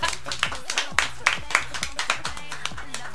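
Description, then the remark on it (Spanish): Steady, rhythmic clapping, sharp claps repeating about three to four times a second over a low thumping beat, moderately loud and continuing throughout. “Un aplauso, por favor.”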